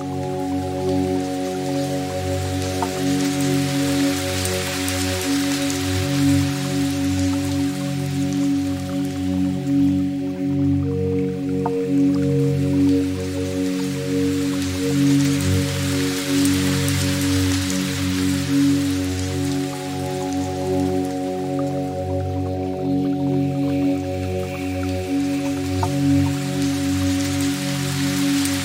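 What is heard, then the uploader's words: Soft piano plays slow, sustained notes in the low and middle range over a steady, trickling water stream. The water's bright hiss gently swells and eases every few seconds, with small drips here and there, and the overall level stays even throughout. Relaxing Piano Music and the gentle sounds of a Soft Water Stream.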